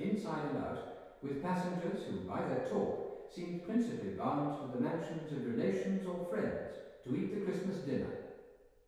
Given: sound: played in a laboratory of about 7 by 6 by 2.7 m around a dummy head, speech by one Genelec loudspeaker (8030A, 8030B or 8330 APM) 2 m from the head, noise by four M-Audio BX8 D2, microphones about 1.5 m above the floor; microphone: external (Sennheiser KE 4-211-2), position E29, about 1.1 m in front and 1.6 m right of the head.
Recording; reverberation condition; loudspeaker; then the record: male speech in English; high; 120 degrees to the right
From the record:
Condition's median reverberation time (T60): about 1300 ms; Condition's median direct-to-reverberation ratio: about -4.0 dB